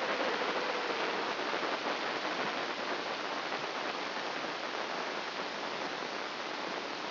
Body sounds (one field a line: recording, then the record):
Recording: brain microelectrode recording played as sound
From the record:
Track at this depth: outside the subthalamic nucleus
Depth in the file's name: 0.806 mm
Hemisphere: right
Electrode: 2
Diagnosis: Parkinson's disease